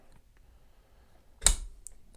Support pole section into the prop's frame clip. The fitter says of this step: not because I just snapped it into place I like